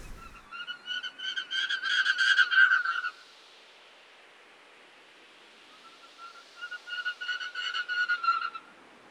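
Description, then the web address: Common snipe calling, a rapid rhythmic series of harsh pulsed notes about three a second, in two bouts separated by a few seconds of quiet. "darwin 2009. Common Snipe"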